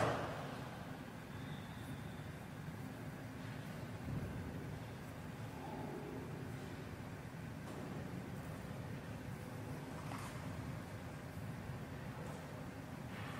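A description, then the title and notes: Room tone inside a large library: a steady, low rumble of ventilation fills the whole stretch at an even level. Faint knocks and shuffles surface now and then, around four, ten and thirteen seconds, with a brief thin tone near the start. Harvard Widener Library.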